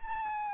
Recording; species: mosquito wingbeat signal from an infrared sensor; Anopheles gambiae